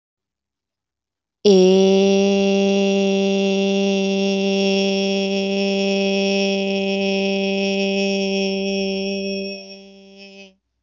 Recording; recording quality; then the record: sustained vowel as in made; excellent, no background noise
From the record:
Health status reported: healthy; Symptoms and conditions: none ticked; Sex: female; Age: 27 years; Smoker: not ticked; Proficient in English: yes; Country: India